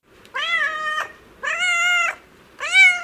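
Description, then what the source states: Domestic cat meowing, three drawn-out harmonic meows, each under a second long, the last louder, with short quiet gaps between. Played as a quiz sound.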